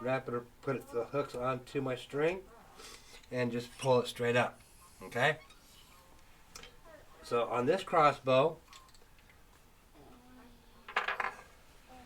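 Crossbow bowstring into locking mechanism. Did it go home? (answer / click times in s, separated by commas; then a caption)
yes / 11.0 s, 11.2 s. A crossbow bowstring is pulled back into the crossbow's locking mechanism while someone talks. Two sharp clicks are heard at 11.0 s and 11.2 s: first the anti-dry-fire button drops down, then the mechanism rises and locks in. The string is seated and locked.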